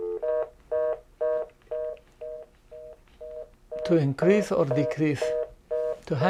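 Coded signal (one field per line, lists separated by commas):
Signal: telephone call progress tone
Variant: North America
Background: speech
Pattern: reorder tone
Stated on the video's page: Call progress tone from a Panasonic DECT 6.0 KX-TG175C cordless answering system phone.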